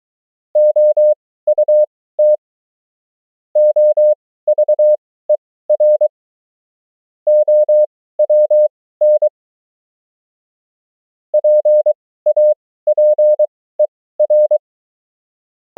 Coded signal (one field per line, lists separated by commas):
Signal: Morse code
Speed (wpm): 23 wpm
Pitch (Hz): 600 Hz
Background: none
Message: OUT OVER OWN PAPER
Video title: CW Fluency: The 500 Most Common Morse Code Words & Abbreviations @20 wpm